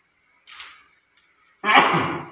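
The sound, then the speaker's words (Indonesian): A single sneeze: a soft breathy intake, a brief pause, then a loud, harsh explosive burst that trails off, with no talking around it. “Yarhamukallah.”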